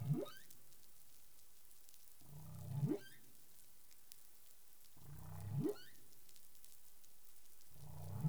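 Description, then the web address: Humpback whale calls, a series of low grunting units each ending in a fast upward sweep, repeated roughly every two and a half seconds amid soft underwater crackle. 20 April 2021, 03:32 UTC. "CARIMAM. humpback whale 20210420 033242 UTC"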